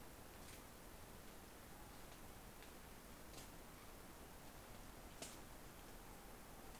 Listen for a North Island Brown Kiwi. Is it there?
no